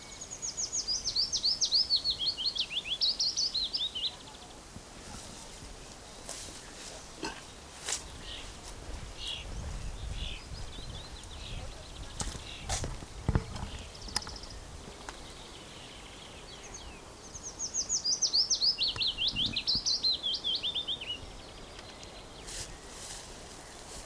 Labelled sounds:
Willow Warbler
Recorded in the wild
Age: adult
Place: Summt, Brandenburg, DE
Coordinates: 52.693, 13.362
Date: 1992-06-14 14:45
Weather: heiter, ca. 23°C
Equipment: Nagra SN, Mikrofon AKG CK 8, Kopie Tesla B 116
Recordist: Tembrock, Günter

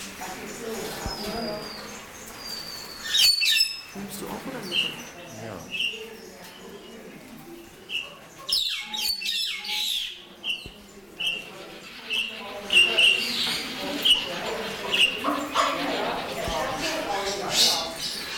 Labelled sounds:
White-headed Buffalo-Weaver
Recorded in captivity
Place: Zoo Berlin, Berlin, DE
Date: 1996-01-21 12:58
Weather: sonnig, -8°C
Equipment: Sony MD-WM MZ-R3, Hama Mikro
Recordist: Tembrock, Günter

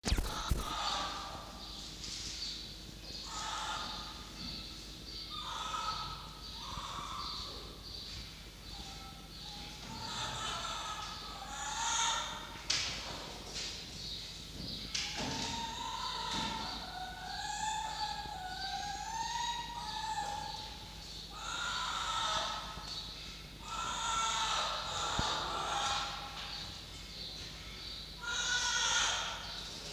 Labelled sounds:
Red Fox
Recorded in captivity
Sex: female
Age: juvenile
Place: Zoologisches Institut der HUB, Berlin, DE
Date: 1953-06-08 16:35
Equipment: Elmetra
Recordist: Tembrock, Günter

